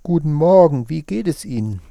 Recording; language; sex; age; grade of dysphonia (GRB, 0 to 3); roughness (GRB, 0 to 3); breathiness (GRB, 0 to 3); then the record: spoken sentence; German; male; 60 to 69 years; 2; 0; 2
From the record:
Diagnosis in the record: recurrent laryngeal nerve paralysis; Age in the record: 65 years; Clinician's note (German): Nur noch diskret hinten